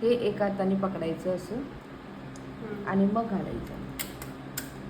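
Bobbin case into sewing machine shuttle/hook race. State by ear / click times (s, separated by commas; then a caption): seated / 4.6 s. Someone talks while a bobbin case holding its bobbin is held in one hand and pushed into the metal shuttle race of a sewing machine. A sharp click at 4.6 s marks the latch locking and the case seating, a sound that signals the thread is in place.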